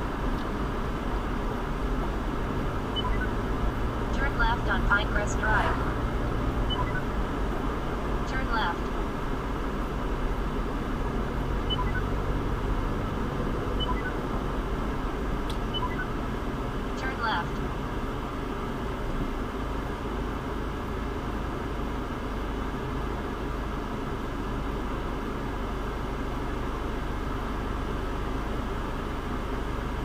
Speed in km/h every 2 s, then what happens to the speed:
48, 48, 52, 52, 40, 40, 44, 37, 15, 0, 0, 0, 0, 0, 0.
0-6 steady at about 48. 6-8 brakes to 40. 8-13 steady at about 40. 13-18 brakes to 0. 18-30 standing.